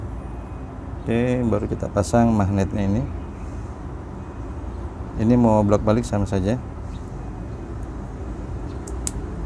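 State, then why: Seated. The magnet base of a rebuilt Coil Master coil kit (1.2 ohm, Caliburn-style) is pressed into a Lost Vape Ursa Nano rebuildable pod cartridge while someone talks. A click is heard at 9.1 s, with a smaller tick just before at 8.9 s. The magnet base is seated, and the seal goes on next.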